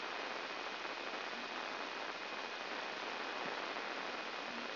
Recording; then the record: brain microelectrode recording played as sound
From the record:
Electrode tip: inside the subthalamic nucleus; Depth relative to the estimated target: -2 mm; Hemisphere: left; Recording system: AlphaMap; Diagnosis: Parkinson's disease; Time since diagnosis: 11 years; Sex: female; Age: 62 years